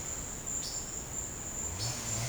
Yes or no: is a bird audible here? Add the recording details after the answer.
no. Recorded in secondary vegetation near Puerto Asís, Putumayo, Colombia, on 18 December 2024 at 14:00. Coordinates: 0.489, -76.322. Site G059